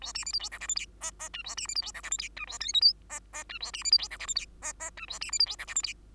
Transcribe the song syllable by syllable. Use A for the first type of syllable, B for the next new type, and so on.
A B C D E F G H I J J K A B C D E F G H I K A L M N J J K A B C D E F G H I J J K A B C D E F G H I